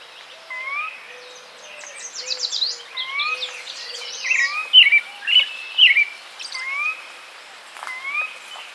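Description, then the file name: Sora giving repeated rising whistled notes amid a busy chorus of other birds' chattering and buzzy notes. "Porzana carolina - Sora"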